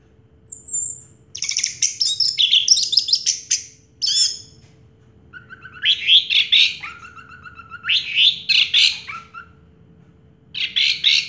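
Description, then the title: Orange-headed thrush song: a high whistle, then varied warbled and trilled phrases in bursts separated by short pauses. Recording used to prompt a silent (stuck) bird to sing. "Anis Merah Macet.. Pancing Dengan Suara Ini.. 100 Ampuh. # Anis Merah"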